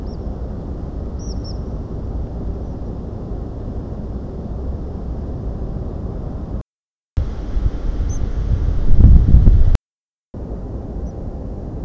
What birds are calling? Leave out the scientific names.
Tree Pipit